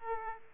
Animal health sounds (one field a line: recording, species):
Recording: mosquito wingbeat signal from an infrared sensor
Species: Aedes aegypti